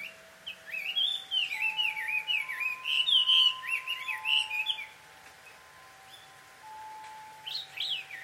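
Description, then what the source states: Birds chattering in rapid, excited bursts of high chirps and wavering whistles, several notes overlapping, with steady faint tones running beneath and a quieter pause near the end. A pair of birds quarrelling at dusk in Takao, Japan; field recording.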